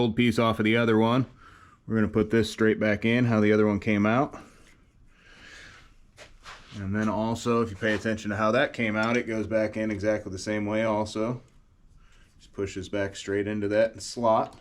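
Someone talks while handling and lining up a choke piece to push it back into its slot in a zero turn mower's carburetor. Between the talk there are only faint, quiet handling sounds, and nothing has seated or clicked yet.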